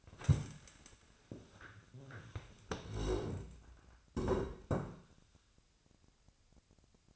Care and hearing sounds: daily activity, microphone in the room; stand up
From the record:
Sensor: 2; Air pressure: 1000.4 hPa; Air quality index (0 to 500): 164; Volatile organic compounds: 3 ppm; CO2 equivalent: 1366 ppm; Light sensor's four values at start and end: 8/20/8/9 and 9/18/8/9

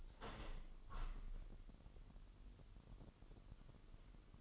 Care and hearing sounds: daily activity, microphone in the room; open window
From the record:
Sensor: 4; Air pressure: 998.8 hPa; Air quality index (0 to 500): 118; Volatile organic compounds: 2 ppm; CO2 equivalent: 1156 ppm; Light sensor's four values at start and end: 9/23/9/10 and 10/23/9/10

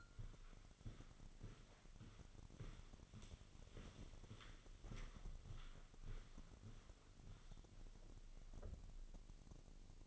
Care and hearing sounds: daily activity, microphone in the room; walk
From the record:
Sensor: 4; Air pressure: 1010.1 hPa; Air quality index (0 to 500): 172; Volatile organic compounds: 2 ppm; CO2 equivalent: 1250 ppm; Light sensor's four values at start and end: 60/148/62/68 and 59/146/61/67

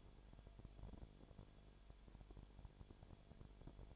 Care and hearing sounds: daily activity, microphone in the room; no activity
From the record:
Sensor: 5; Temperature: 19.9 degrees Celsius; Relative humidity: 37.1%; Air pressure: 1007.4 hPa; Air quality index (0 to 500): 84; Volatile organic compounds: 1 ppm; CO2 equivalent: 958 ppm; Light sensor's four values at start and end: 2/3/1/1 and 2/3/1/1

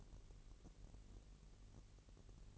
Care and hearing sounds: daily activity, microphone in the room; take from stove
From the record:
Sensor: 4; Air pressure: 1002.8 hPa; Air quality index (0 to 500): 237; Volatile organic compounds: 10 ppm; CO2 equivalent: 2221 ppm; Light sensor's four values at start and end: 7/15/6/6 and 7/15/6/6

